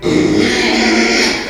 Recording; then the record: squeal of a Yucatan mini pig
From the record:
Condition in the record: after surgery on the right vocal fold (resection and tissue-engineered implant); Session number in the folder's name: 2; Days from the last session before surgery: 13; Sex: male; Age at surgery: 12 weeks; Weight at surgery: 13 kg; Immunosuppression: cyclosporine, prednisolone